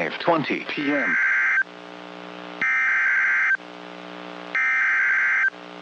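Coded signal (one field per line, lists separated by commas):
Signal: Emergency Alert System (SAME) tones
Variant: header bursts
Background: speech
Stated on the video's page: Real severe thunderstorm, tornado and flash flood warnings for North and Central Texas from transmitters at Fort Worth, Dallas and Waco.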